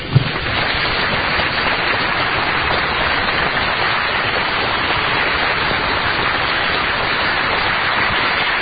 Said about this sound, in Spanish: Vamos a darle un aplauso a Cristo Jesús.